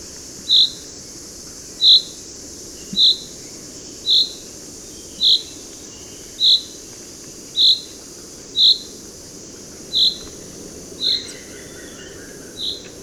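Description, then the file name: Common chaffinch calling, a short bright note repeated about once a second, eleven times, steady and unchanging, with faint high hiss behind. "Fringilla coelebs"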